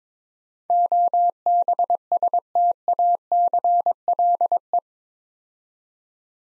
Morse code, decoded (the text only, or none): OBSTACLE